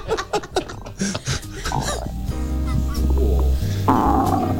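Short bubbly bursts give way to a sustained, low, gurgling growl with loud rumbling, and a brief sharp squeal near the end, picked up by a microphone placed down by an adult's belly. Laughter-like sounds from people nearby are mixed in early. These are borborygmi, unusually pronounced stomach rumbling from gas and fluid moving through the gut, after eating a whole can of sugar-free icing.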